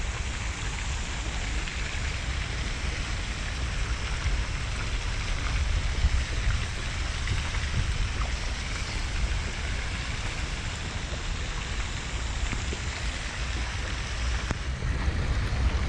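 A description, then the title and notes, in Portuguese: Rain falls steadily in Central Park, a dense, even hiss over a low rumble of passing traffic, with faint taps of drops throughout. NYC Nature Rain Sounds ASMR.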